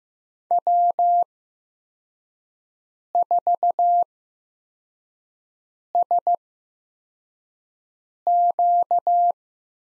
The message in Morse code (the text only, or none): W4SQ